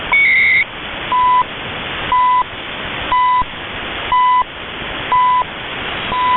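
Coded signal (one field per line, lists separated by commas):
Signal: radio time signal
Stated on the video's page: A recording of the CHU Canada time signal, a station due to shut down for good.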